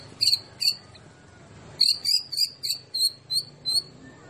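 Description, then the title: White-rumped shama song: a run of loud, sharp, high notes, two then a pause, then seven more in quick even succession. Champion (juara) bird; masteran training recording for songbirds. "Murai Batu"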